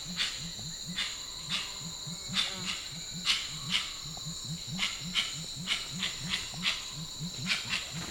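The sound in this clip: Grey-winged trumpeter hooting: deep, muffled notes repeated about three per second in an even rhythm, with intermittent bright clicking sounds above.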